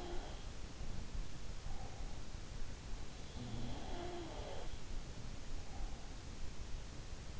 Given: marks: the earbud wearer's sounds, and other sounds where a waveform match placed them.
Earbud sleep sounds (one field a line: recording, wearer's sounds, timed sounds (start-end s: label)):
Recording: sounds in sleep by an in-ear microphone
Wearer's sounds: breath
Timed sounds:
0.00-0.45 s: sound from someone else or the room
1.53-2.30 s: breath
3.35-4.95 s: sound from someone else or the room
5.54-6.06 s: breath